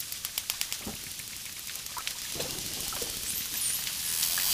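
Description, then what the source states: Dolphin clicks come in fast pulses, then a high whistle swoops down and up near the end. Dolphin clicking and whistling with water splashes.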